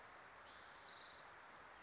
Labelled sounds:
Spotted Towhee
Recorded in Sonoma County, California

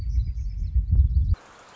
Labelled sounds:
Black-throated Gray Warbler
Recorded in Sonoma County, California

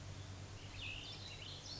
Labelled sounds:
Cassin's Vireo
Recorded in Sonoma County, California

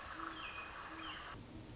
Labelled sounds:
Great Horned Owl
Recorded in Sonoma County, California

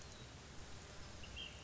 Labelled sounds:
Ash-throated Flycatcher
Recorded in Sonoma County, California

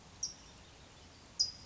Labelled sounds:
California Towhee
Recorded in Sonoma County, California

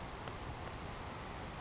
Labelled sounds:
Savannah Sparrow
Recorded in Sonoma County, California

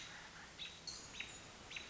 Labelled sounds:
American Robin
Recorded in Sonoma County, California

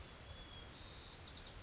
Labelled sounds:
White-crowned Sparrow
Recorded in Sonoma County, California

